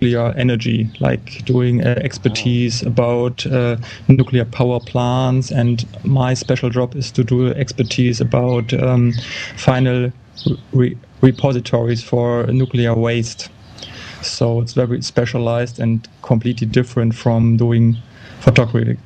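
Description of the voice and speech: Adult male speaker from western Germany who stutters constantly, with blocks, speaking English in a low, steady voice. A pause of about a second interrupts his speech before a word. He has had Van Riper group therapy.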